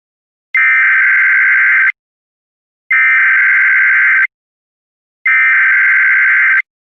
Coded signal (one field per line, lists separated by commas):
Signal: Emergency Alert System (SAME) tones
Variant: header bursts